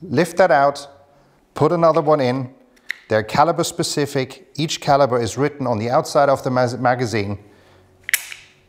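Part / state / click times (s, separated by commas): caliber-specific magazine insert into rifle magazine / seated / 8.1 s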